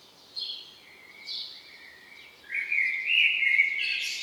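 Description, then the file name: Common blackbird calls: a few thin, scattered chirps, then a louder stretch of whistled and chirping notes in the last two seconds, over constant background hiss. "Turdus merula"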